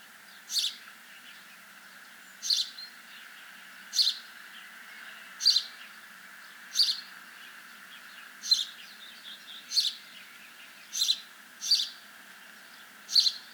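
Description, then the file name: House sparrow calling: ten short, rasping chirps spaced roughly every one to two seconds, against a steady faint hum. "Passer domesticus"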